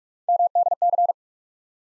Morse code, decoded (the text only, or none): MDC